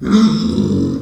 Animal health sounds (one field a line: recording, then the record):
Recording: squeal of a Yucatan mini pig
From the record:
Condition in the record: after surgery on the right vocal fold (resection and tissue-engineered implant)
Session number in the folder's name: 13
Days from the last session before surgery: 113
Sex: female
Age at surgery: 19 weeks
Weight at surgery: 25 kg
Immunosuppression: prednisolone